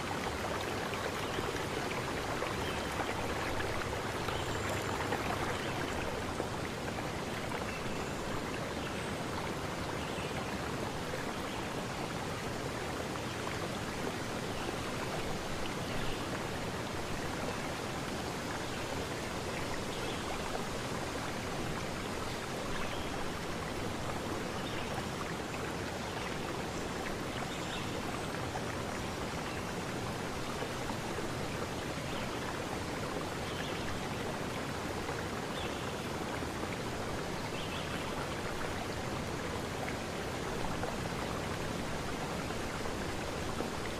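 Nature sounds: a steady, dense rush of running water like a stream or light rain, unchanging throughout with faint brief ticks scattered across.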